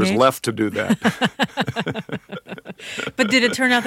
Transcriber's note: laughter